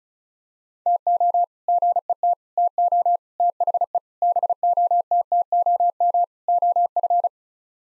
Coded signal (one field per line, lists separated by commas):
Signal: Morse code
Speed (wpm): 34 wpm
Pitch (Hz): 700 Hz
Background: none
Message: TO GET TO THE BOTTOM OF